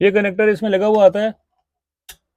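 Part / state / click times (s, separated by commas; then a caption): plug-and-play wiring harness connector into its mating socket in the car / seated / 2.1 s. A plug-and-play wiring harness connector is pushed into its mating socket in a Brezza LXi during an interior upgrade to ZXi. Someone talks, then after a silence a single sharp tick is heard at 2.1 s. The connector is seated and locked in.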